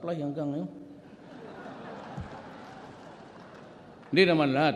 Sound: laughter